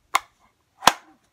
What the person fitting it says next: a nice audible click and this thing is not going anywhere